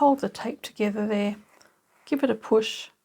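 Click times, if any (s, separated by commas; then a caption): none. A zipper slider is being pushed onto the held-together zipper tapes of an upholstery-fabric bag while someone talks, with a short quiet gap between the phrases. The slider has not clicked onto the tape yet, so nothing has seated in this clip.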